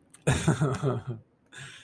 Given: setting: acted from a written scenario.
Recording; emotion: vocal sound without words; amusement